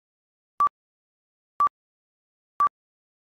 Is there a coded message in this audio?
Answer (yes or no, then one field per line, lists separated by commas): no